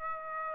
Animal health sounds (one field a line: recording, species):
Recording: mosquito wingbeat signal from an infrared sensor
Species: Aedes aegypti